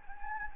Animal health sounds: mosquito wingbeat signal from an infrared sensor; Anopheles gambiae

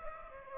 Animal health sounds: mosquito wingbeat signal from an infrared sensor; Aedes aegypti

